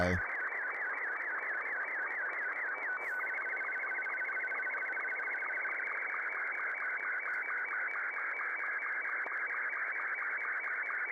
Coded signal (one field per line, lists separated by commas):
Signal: SSTV (slow-scan television)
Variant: Martin 2